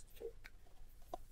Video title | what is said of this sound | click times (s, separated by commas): PlayStation 5 Slim FINALLY Unboxed! | Oh, I see. Yeah, there is a click. | 0.5 s, 1.1 s